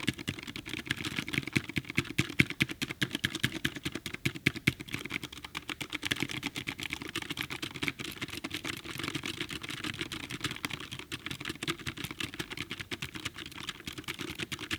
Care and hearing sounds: daily activity, guitar pickup as the sensor; type

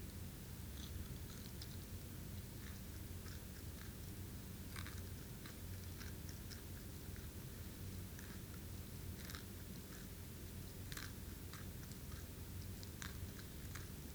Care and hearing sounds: daily activity, guitar pickup as the sensor; eat

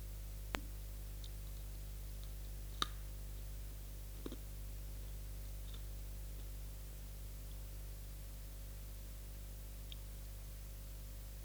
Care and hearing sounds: daily activity, guitar pickup as the sensor; eat

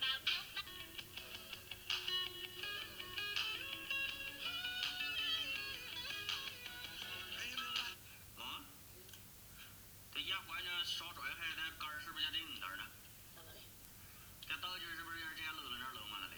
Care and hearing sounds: daily activity, guitar pickup as the sensor; browse video

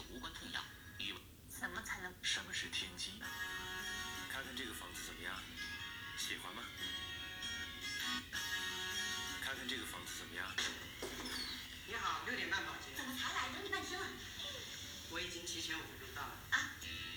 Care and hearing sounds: daily activity, guitar pickup as the sensor; browse video

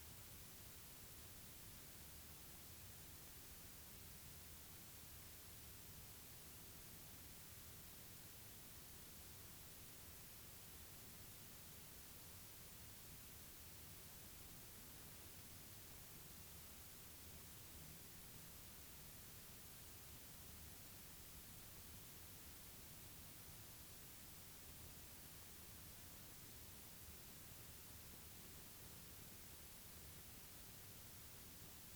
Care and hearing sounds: daily activity, guitar pickup as the sensor; lie down

